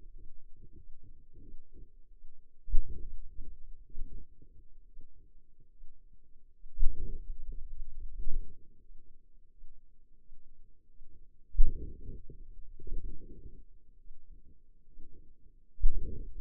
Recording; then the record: forearm muscle sounds (acoustic myography)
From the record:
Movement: hand opening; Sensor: system 2, bracelet of six BSWA MPA416 microphones around the upper forearm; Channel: 1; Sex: female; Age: 23 years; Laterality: right